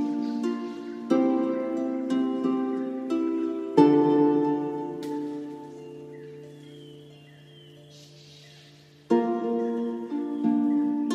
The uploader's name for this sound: Mystical Celtic music. Nature sounds